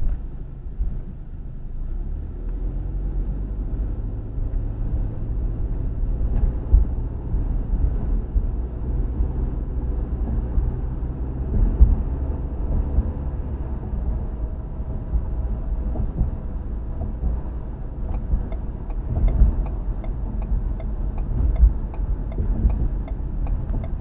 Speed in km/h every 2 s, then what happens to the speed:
13, 19, 26, 31, 37, 42, 45, 47, 45, 44, 42, 37.
0-11 speeds up to 45. 11-19 steady at about 45. 19-24 slows to 37.